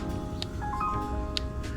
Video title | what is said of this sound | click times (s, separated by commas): DIY Chevorlet GMC Key FOB & Battery Replacement on a Budget | There you go. You hear it snapping a little bit. | 0.4 s, 1.4 s